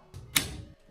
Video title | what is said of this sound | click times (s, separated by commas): A Drop Ceiling that Looks Better Than Drywall! (How to Install a Drop Ceiling in a Basement - DIY) | And you should hear an audible click when it interlocks properly. | 0.4 s